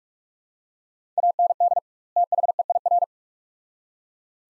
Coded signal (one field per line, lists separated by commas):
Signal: Morse code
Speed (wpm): 45 wpm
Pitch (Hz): 700 Hz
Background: none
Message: AND THEIR